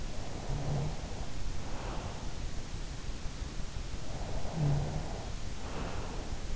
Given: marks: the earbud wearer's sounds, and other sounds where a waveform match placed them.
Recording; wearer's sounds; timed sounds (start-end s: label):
sounds in sleep by an in-ear microphone; snoring breath
0.22-2.68 s: snoring breath
4.16-6.56 s: snoring breath